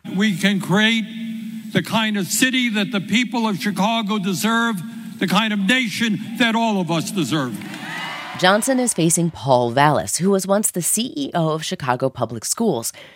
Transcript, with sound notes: We can create the kind of city that the people of Chicago deserve, the kind of nation that all of us deserve.
(APPLAUSE) Johnson is facing Paul Vallas, who was once the CEO of Chicago Public Schools.